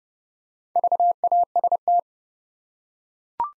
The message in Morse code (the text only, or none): VAST